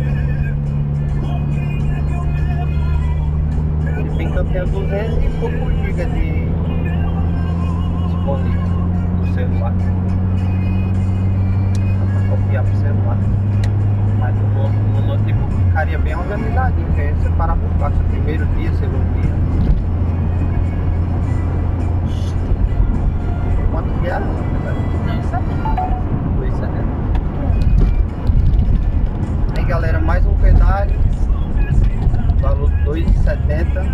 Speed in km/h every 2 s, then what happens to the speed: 66, 71, 73, 77, 85, 87, 92, 94, 94, 98, 99, 98, 96, 92, 91, 86, 79.
0-19 speeds up to 99. 19-34 slows to 79.